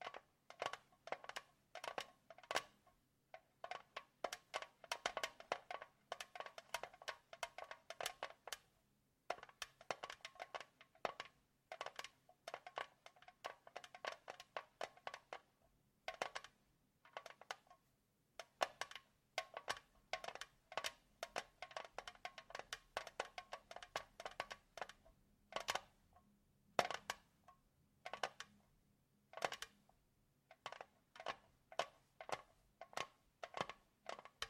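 ASMR tapping: quick, crisp taps and clicks arrive in dense bursts of rapid strikes, separated by short pauses around 3, 9 and 16 seconds. Some louder, sharper single taps stand out later on, over a faint, steady low hum.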